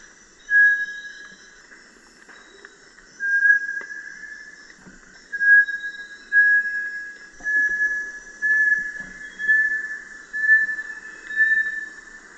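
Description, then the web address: Bartlett's tinamou song: a series of clear, level whistles that come faster and closer together as the series goes on, over a quiet background. Recorded in Ecuador. "S America Birds of Ecuador. Bartlett's Tinamou"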